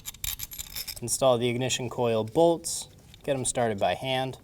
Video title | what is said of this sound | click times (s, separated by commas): How to Replace Ignition Coil Pack 2013-2022 Chevrolet Trax 1.4L L4 | Push that locking tab closed. | 0.2 s